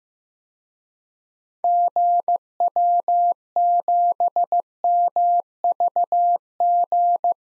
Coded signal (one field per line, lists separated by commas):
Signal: Morse code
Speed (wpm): 15 wpm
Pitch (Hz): 700 Hz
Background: none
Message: GW7MVG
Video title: DXCC-100 Call Signs - 6 Character 15wpm